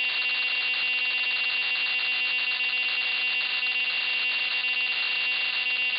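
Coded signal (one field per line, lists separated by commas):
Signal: computer data on cassette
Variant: MSX home computer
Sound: continuous harsh screeching data noise with rapid stuttering breaks and a high whine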